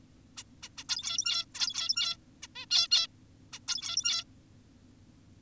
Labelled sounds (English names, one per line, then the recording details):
Zebra Finch
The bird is an adult
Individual g17y2U